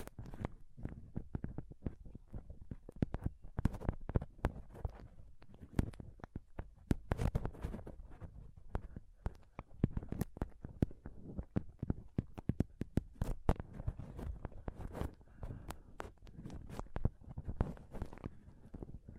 Intense Mic Scratching & Touching Close-Up Mic Sounds